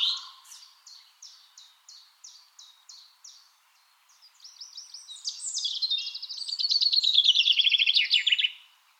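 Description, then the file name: Common chaffinch song: a run of high, evenly spaced notes, then a loud, dense, rattling trill that swells and ends sharply near the close. "Fringilla coelebs"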